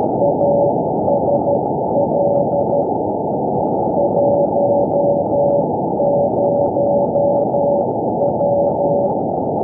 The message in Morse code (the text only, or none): ASL 10W